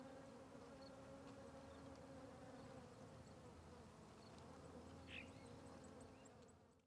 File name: Ambiencia na Trilha do Sertao Zen com Moscas Circudando Arvore